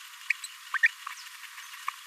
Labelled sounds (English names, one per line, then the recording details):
Green-rumped Parrotlet babbling
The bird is a male
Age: 26 days
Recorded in a nest box in Venezuela
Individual 17B42A3